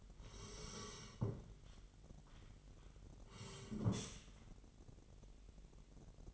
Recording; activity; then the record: daily activity, microphone in the room; sit down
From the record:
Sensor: 4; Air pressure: 999.3 hPa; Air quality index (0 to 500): 115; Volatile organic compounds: 2 ppm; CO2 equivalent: 1131 ppm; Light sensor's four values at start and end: 14/33/13/14 and 14/33/13/14